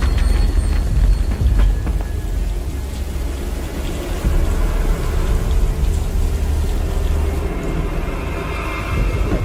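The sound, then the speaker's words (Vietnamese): A heavy downpour hisses steadily and loudly throughout, with deep rolling thunder rumbling underneath, strongest near the start. No voices are heard. “Cơn mưa càng lúc càng tợn.”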